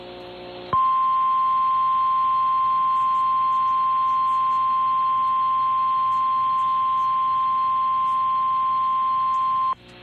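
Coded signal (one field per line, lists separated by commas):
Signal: Emergency Alert System (SAME) tones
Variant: 1050 Hz attention tone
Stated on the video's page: NOAA Weather Radio received on a Reecom R-1630 weather radio recorded with a Zoom H1; TV relay captured from a Dish Network DVR receiver.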